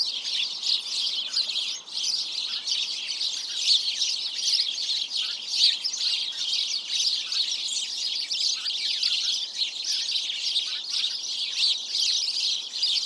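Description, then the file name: House sparrows chirping in a dense flock chorus, overlapping high chirps running continuously with no pauses and a few sharper notes standing out. "Passer domesticus"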